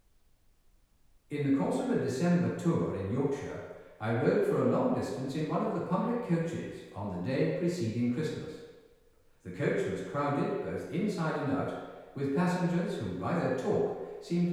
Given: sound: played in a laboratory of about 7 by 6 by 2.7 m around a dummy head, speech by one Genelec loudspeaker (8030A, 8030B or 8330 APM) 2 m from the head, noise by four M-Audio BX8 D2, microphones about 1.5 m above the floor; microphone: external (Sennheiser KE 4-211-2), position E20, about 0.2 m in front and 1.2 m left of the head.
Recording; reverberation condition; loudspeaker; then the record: male speech in English; high; 60 degrees to the right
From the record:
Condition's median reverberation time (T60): about 1300 ms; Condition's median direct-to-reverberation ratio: about -4.0 dB